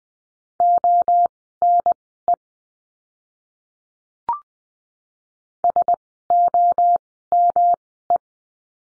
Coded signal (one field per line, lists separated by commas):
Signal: Morse code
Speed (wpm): 20 wpm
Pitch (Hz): 700 Hz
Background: none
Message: ONE SOME